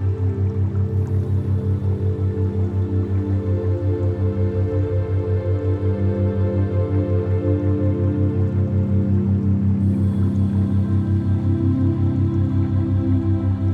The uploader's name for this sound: Floating in the Pools of Running Water - Theta Binaural Beat